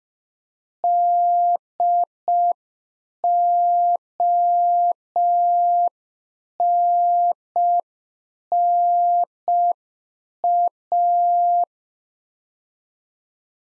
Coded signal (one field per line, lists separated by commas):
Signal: Morse code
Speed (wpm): 5 wpm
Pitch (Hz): 700 Hz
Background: none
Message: DONNA